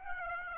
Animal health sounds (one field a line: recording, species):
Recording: mosquito wingbeat signal from an infrared sensor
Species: Aedes aegypti